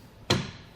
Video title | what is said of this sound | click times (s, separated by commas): etrailer - 2016 Toyota Highlander Kuat NV 2.0 Base Bike Rack for 2 Bikes: Complete Installation | and it is gonna snap into place by itself which is always nice so | 0.3 s